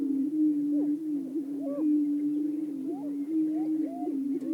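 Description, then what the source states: Greater prairie-chickens give a deep, steady booming drone, broken by occasional rising whooping calls. Several greater prairie-chickens calling.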